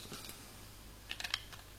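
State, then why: Not seated. The plastic bottom part of an enclosure for a small single-board computer is fitted around the board and pressed together by hand. Faint handling rustles open the clip, followed by a quick cluster of short, sharp plastic ticks between about 1.1 and 1.3 s. The part is still being handled and nothing has seated or clicked into place yet.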